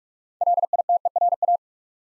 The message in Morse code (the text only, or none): LITERA